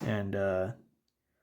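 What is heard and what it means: An internal sear/valve part is being handled as it is refitted into the housing of a Sabre 68 home defense launcher, after troubleshooting an air leak at the valve O-ring or air chamber. Someone talks briefly for the first 0.8 seconds, then the clip falls nearly silent. Nothing has seated or clicked yet.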